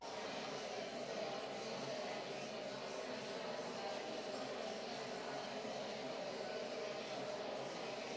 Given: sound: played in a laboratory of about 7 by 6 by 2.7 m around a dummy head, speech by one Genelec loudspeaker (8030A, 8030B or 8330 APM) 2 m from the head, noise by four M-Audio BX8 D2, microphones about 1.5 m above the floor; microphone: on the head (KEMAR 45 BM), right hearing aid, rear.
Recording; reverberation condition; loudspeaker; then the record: babble noise; high; four, about 170 cm from the corners of the room and facing them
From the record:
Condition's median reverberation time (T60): about 1300 ms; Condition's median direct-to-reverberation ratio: about -4.0 dB